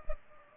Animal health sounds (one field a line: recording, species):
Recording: mosquito wingbeat signal from an infrared sensor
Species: Culex pipiens